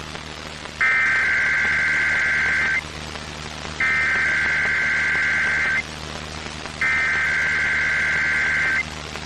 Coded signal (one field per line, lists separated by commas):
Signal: Emergency Alert System (SAME) tones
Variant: header bursts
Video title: Albany, NY Required Monthly Test (9/6/22)